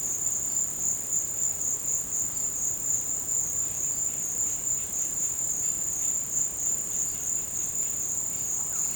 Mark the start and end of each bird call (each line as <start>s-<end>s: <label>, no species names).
8.54s-8.81s: bird call